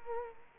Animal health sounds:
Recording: mosquito wingbeat signal from an infrared sensor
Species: Culex quinquefasciatus

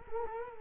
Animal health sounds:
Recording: mosquito wingbeat signal from an infrared sensor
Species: Culex quinquefasciatus

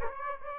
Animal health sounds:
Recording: mosquito wingbeat signal from an infrared sensor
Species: Aedes aegypti

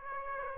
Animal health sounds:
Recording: mosquito wingbeat signal from an infrared sensor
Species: Aedes aegypti

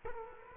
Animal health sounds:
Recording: mosquito wingbeat signal from an infrared sensor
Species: Culex quinquefasciatus

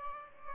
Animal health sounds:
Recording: mosquito wingbeat signal from an infrared sensor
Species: Aedes albopictus

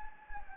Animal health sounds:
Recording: mosquito wingbeat signal from an infrared sensor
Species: Anopheles gambiae

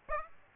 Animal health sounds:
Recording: mosquito wingbeat signal from an infrared sensor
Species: Aedes aegypti

